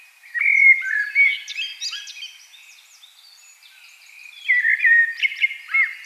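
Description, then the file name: Common blackbird singing two fluted, wandering phrases with squeaky accents, a few seconds apart. "Turdus merula"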